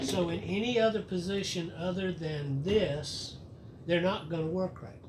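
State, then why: Not seated. A man talks while handling the push button, with its manual slide inside, in the needle selector of an 8-button Brother knitting machine that is being repaired. The button has not locked in, because the mechanism is gravity activated and only works in one position. Nothing has seated or clicked yet.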